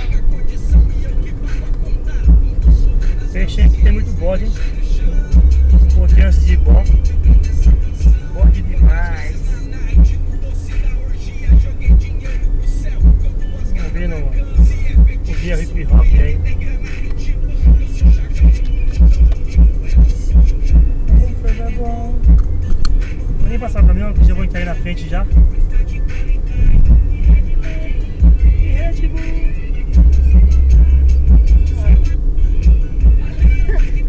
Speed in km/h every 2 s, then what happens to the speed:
75, 73, 72, 70, 67, 69, 69, 68, 67, 66, 67, 69, 70, 68, 65, 61, 59.
0-8 slows to 67. 8-25 steady at about 68. 25-34 slows to 59.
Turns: none.